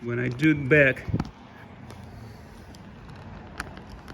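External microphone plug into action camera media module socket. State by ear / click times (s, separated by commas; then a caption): partly seated / 3.6 s. Someone talks, then an external microphone cable plug is pushed back into the socket on a GoPro 10 action camera's media module, with faint handling ticks and a sharp small click at 3.6 s. The plug is only partly in and has not fully seated.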